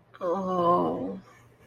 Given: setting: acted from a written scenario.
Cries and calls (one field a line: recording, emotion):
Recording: vocal sound without words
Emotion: embarrassment